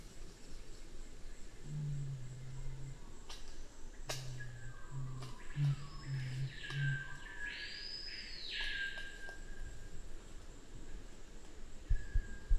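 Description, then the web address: Black curassow: deep booming of a Black curassow, two hums then several short low pulses, with swelling arched calls of other birds and a few clicks. "sound Black-curassow. صدای-پرنده-کاکل-فری-سیاه"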